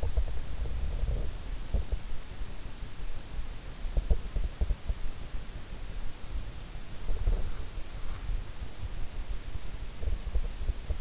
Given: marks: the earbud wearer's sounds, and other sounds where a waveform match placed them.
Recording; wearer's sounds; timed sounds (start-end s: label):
sounds in sleep by an in-ear microphone; body movement, teeth grinding
0.00-2.07 s: body movement
3.91-4.95 s: body movement
6.99-7.54 s: teeth grinding
9.99-11.01 s: teeth grinding